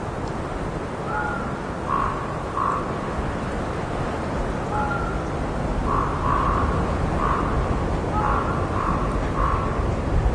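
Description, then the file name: Crow giving short hoarse caws in loose runs of two to four, repeated throughout beneath continuous wind noise. Crow heard together with wind. "C-Wind And Crow"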